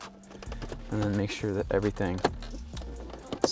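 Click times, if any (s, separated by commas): 3.4 s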